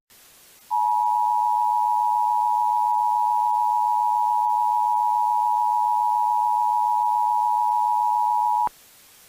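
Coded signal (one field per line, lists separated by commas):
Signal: Emergency Alert System (SAME) tones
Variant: 853 and 960 Hz attention tone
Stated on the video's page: Mock EAS alert, a recreation rather than a real broadcast.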